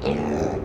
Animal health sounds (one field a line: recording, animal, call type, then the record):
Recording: contact call of a hoofed animal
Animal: pig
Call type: closed-mouth grunt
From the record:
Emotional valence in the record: negative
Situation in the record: short social isolation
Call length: 0.64 s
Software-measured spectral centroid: 1420 Hz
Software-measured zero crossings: 940 a second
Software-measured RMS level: -24 dBFS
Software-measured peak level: -11 dBFS